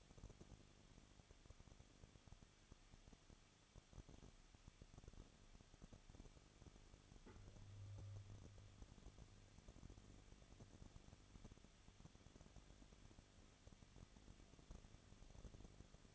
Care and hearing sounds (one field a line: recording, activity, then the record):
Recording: daily activity, microphone in the room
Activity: no activity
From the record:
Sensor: 4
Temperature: 23.1 degrees Celsius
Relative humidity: 34.3%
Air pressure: 1007.2 hPa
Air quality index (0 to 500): 216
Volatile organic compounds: 15 ppm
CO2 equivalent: 2499 ppm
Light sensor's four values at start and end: 2/3/1/1 and 2/3/1/1